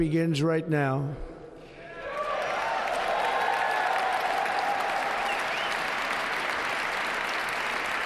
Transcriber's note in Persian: applause